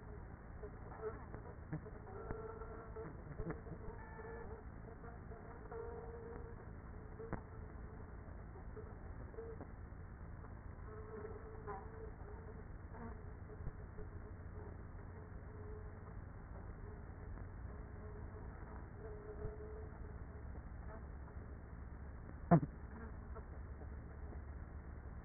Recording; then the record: honeybee colony, microphone inside the hive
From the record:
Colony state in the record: queenless with a low population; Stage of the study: after two queens were removed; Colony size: about 30,000 bees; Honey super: no